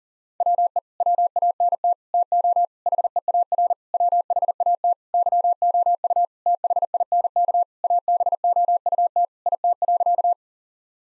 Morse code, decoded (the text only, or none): WE WANT TO HEAR WHAT YOU THINK ABOUT IT.